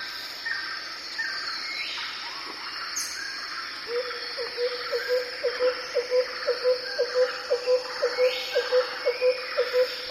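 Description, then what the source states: Bird calls in a dense chorus, then a low note repeated evenly about twice a second, over a steady high insect drone. Jungle birds.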